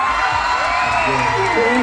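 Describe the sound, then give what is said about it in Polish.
A large crowd gathered in a square in Tel Aviv cheers and whoops with joy at news that the first hostages have been released into Israel, a loud, dense, continuous roar of many voices with raised shouts rising above it throughout. “Kiedy rano media podały, że pierwszych 7 zakładników właśnie wjechało do Izraela, tłum nie krył ogromnej radości.”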